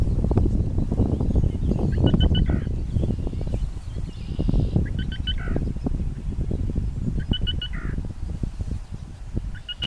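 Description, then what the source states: Black rail calls, short three-note phrases repeated every few seconds over steady low rumbling noise. 23 May 2013.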